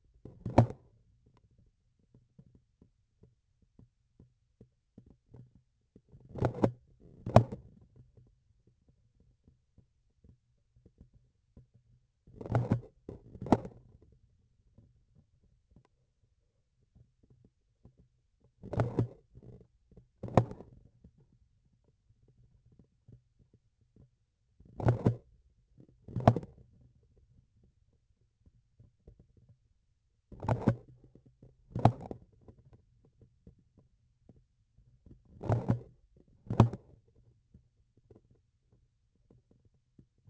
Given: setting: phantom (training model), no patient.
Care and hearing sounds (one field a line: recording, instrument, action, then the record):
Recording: laparoscopic instrument, vibration sensor on the handle end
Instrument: grasping forceps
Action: opening and closing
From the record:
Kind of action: tool actuation without material contact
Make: other than Olympus